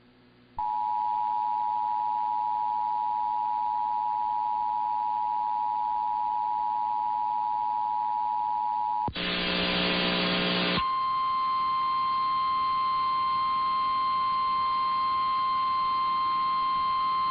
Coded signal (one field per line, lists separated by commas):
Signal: Emergency Alert System (SAME) tones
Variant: 853 and 960 Hz attention tone